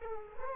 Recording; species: mosquito wingbeat signal from an infrared sensor; Culex quinquefasciatus